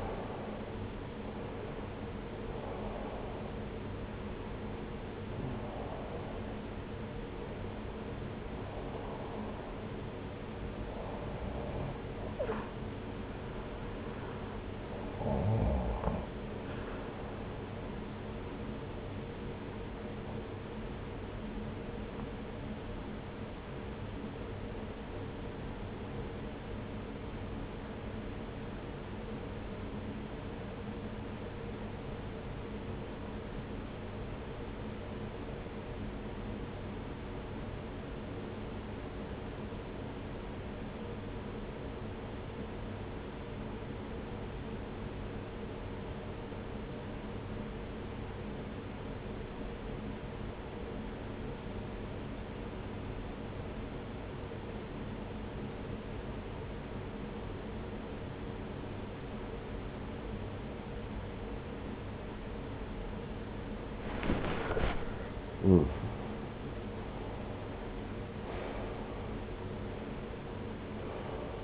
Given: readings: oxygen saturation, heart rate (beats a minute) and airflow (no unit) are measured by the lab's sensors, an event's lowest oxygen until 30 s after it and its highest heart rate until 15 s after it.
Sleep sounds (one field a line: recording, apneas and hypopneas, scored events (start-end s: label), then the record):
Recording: breathing in sleep by a voice recorder at the bedside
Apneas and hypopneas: 1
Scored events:
24.00-65.40 s: obstructive apnea (N1, oxygen 97% highest, then 82% lowest)
43.00-71.64 s: new sleep stage, REM sleep
From the record:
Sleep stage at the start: N1 (lightest sleep)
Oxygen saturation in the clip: 80 to 97%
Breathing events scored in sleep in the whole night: 303 in 8.1 hours asleep